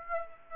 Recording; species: mosquito wingbeat signal from an infrared sensor; Aedes aegypti